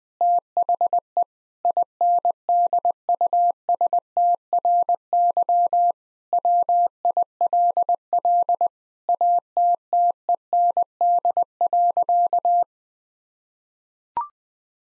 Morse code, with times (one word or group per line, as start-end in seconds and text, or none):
0.2-1.2 THE
1.6-5.9 INDUSTRY
6.3-8.7 WILL
9.1-12.6 ATTEND.